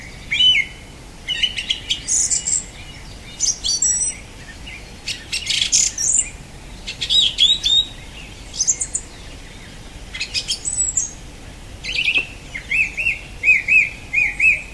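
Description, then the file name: Song thrush song: varied phrases of high squeaky notes and buzzy chatter, ending with a clear whistled motif repeated several times. "Golosa ptic - Pevchij drozd"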